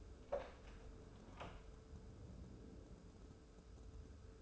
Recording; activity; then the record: daily activity, microphone in the room; open door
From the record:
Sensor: 2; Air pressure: 1015.0 hPa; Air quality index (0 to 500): 114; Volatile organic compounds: 3 ppm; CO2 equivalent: 1461 ppm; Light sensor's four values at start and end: 13/35/14/15 and 13/35/14/15